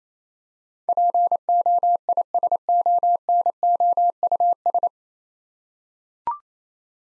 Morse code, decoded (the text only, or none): POISONOUS